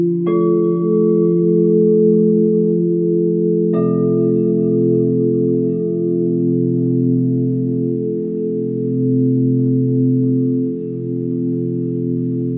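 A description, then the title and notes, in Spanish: Quartz and crystal bowls ring out in long, steady tones, with a soft struck attack near the start and another bowl entering at about four seconds. The low notes swell and dip slowly every couple of seconds while the layered hum sustains throughout. Cuencos de cuarzo y cristal.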